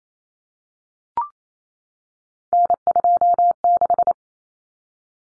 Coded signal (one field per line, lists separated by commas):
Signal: Morse code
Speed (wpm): 28 wpm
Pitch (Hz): 700 Hz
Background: none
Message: N26